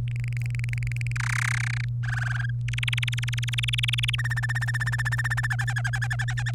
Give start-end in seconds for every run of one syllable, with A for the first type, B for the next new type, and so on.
0.07-1.12 A, 1.16-1.84 B, 2.03-2.50 C, 2.68-4.15 D, 4.18-5.47 E, 5.50-6.51 F